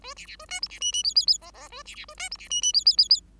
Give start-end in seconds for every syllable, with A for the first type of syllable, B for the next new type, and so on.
0.02-0.14 A, 0.16-0.26 B, 0.27-0.36 B, 0.39-0.46 A, 0.48-0.60 C, 0.62-0.68 D, 0.69-0.79 B, 0.81-0.92 E, 0.92-1.03 E, 1.03-1.14 F, 1.15-1.26 F, 1.27-1.38 F, 1.41-1.51 G, 1.54-1.68 G, 1.70-1.83 A, 1.85-1.95 B, 1.95-2.05 B, 2.08-2.14 A, 2.17-2.29 C, 2.31-2.37 D, 2.38-2.48 B, 2.50-2.62 E, 2.62-2.73 E, 2.73-2.84 F, 2.85-2.96 F, 2.97-3.08 F, 3.10-3.20 F